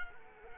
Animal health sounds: mosquito wingbeat signal from an infrared sensor; Culex quinquefasciatus

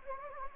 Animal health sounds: mosquito wingbeat signal from an infrared sensor; Anopheles gambiae

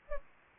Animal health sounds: mosquito wingbeat signal from an infrared sensor; Anopheles gambiae

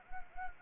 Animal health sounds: mosquito wingbeat signal from an infrared sensor; Anopheles arabiensis

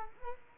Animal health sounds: mosquito wingbeat signal from an infrared sensor; Culex quinquefasciatus

